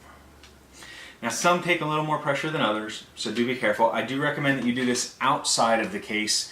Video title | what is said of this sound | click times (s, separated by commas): Ram Install | no matter which side it is you just want to do a firm little click now | 0.4 s